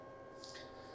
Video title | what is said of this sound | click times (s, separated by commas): New Laser Lens Changing Process! | and then again just push in that air tube until it snaps in and you're all set ready to go | 0.4 s